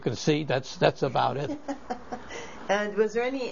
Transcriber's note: she laughs